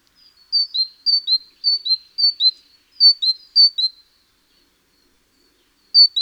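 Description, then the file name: Great tit giving a steady series of high paired notes, each pair stepping down, six pairs in a row, a silent gap, then one more pair. "Parus major"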